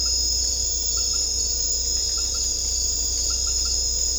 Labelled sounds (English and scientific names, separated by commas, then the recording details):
none
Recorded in secondary vegetation near Puerto Asís, Putumayo, Colombia, on 16 December 2024 at 18:30
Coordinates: 0.500, -76.326
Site G065